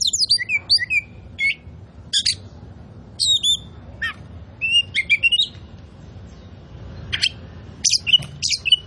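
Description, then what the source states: Oriental magpie-robin song with scattered bursts of sharp chirps and clear whistles, some rising, separated by short pauses. Kacer poci type; gacor, meaning singing vigorously and constantly.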